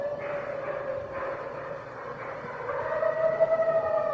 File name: Red Wolf Howling